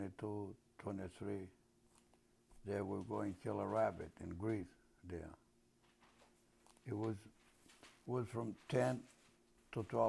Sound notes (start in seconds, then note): none